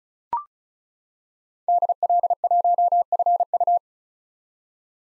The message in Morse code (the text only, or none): DL1FU